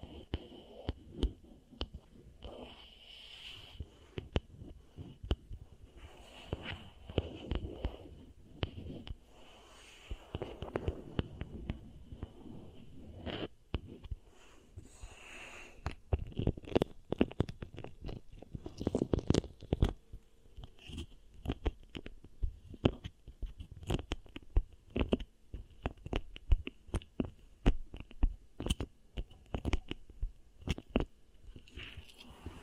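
Beeswax ear triggers: dense, irregular sticky crackles and soft squelches, with rapid clicks packing together more tightly after about fifteen seconds. A low, muffled thumping runs underneath, and a faint steady high tone hums throughout.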